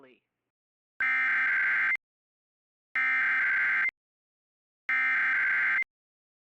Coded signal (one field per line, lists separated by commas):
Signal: Emergency Alert System (SAME) tones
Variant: header bursts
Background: speech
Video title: IP - Required WEEKLY Test - NO EAS